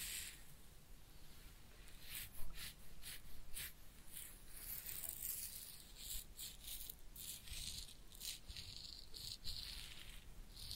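Head massage and ear cleaning: dense, crackly rubbing and scratching sounds come in quick repeated bursts, bright and hissy, over a low steady rumble.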